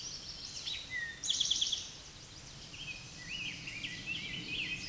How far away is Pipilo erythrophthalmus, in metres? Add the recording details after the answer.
about 15 m. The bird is about 5 m above the microphone. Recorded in a Pennsylvania forest on 16 May 2024 at 09:33. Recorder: AudioMoth, point MSD-2166. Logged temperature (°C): 16.3 °C. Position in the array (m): 96 m, -4 m